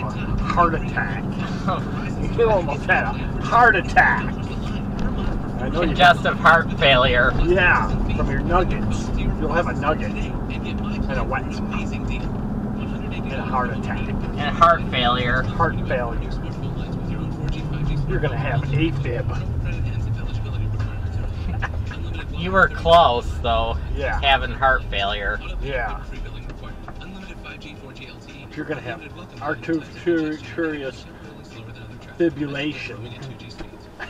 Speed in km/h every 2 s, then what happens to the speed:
64, 68, 68, 69, 69, 71, 68, 61, 53, 39, 29, 24, 13, 0, 0, 0, 0.
0-10 speeds up to 71. 10-26 brakes to 0. 26-34 standing.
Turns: none.